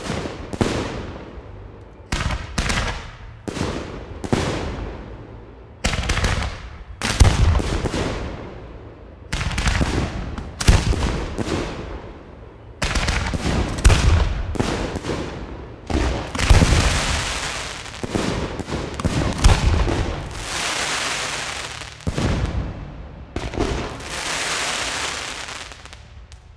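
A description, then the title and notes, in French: Fireworks burst one after another, sharp cracks and booms arriving every second or so, often in quick clusters. Some bursts trail into a long crackling hiss that lasts several seconds, especially toward the end. A low rumble sits under everything between blasts. Feux d'artifices.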